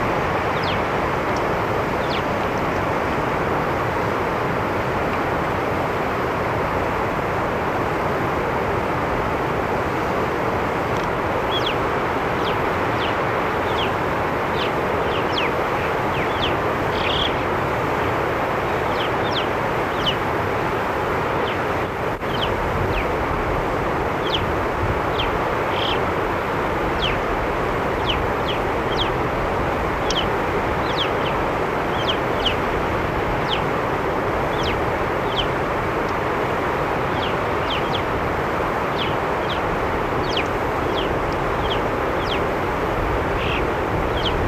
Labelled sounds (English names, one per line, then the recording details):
Alpine Chough call
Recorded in the wild
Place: Krumltal, AT
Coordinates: 47.1081, 12.9256
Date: 1964-05-22
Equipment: Uher Report 4000, AKG D190
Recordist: Krey, Winfried